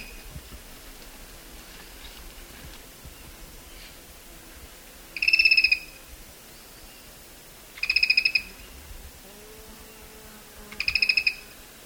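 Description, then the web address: Zimmer's tody-tyrant giving three short buzzy bursts a few seconds apart, over a quiet hiss. Eastern lowlands of South America. "Natures Songs S America Eastern Lowlands. Zimmer's Tody-Tyrant"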